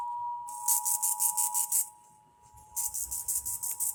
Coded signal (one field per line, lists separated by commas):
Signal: Emergency Alert System (SAME) tones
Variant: 853 and 960 Hz attention tone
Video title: INTRODUCING KKGX & KWXY TO THE ROSTER! Broadcast Radio/TV EAS: Required Monthly Test (EAS #757-763)